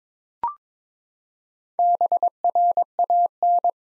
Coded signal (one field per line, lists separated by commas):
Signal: Morse code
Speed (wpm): 22 wpm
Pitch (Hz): 700 Hz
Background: none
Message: BRAN